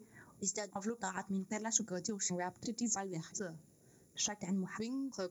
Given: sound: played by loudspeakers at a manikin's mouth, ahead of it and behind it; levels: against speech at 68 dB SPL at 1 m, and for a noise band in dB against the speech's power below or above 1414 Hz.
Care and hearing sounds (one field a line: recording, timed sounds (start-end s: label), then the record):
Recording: test signals for a remote microphone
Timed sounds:
0.00-5.30 s: speech test signal (ISTS)
From the record:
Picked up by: remote microphone A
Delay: 47 ms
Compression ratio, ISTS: 4.90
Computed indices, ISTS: SII 0.993, HASPI 0.999, HASQI 0.497 (non-linear 0.574, linear 0.866), ESTOI 0.858